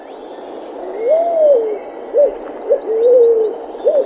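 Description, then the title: Pale-vented pigeon cooing, a long swelling hoot, then brief abrupt notes and another level drawn coo, with faint high twittering of other birds behind. "Canto Da Pomba. PIGEON, Pale-vented song"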